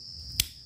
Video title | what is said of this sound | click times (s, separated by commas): Cara Susun Komponen Kick Stater Vega Zr,Jupiter Z Dari Noll👍 | Sampai bunyi klik Nah siap untuk dipasang jadi seperti itu oke | 0.4 s